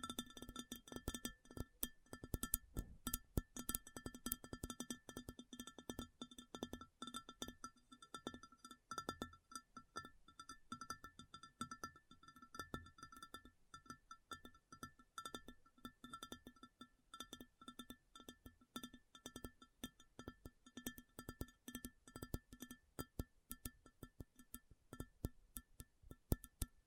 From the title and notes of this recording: ASMR Addictive Tapping. (No Talking).